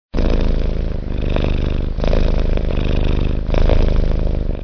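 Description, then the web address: Cat purring, a steady low rumbling throb that pulses with each breath, pausing briefly near two and three and a half seconds. "karlammann. Tierstimmen Katze schnurrt"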